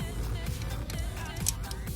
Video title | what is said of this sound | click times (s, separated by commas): Tesla Seat Covers for Model S, 3, X, Y!!! Taptes Seat Cover Installation and review! | I pulled this through, and it's just going to click into place here | 1.5 s